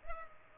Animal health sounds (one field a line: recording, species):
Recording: mosquito wingbeat signal from an infrared sensor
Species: Culex pipiens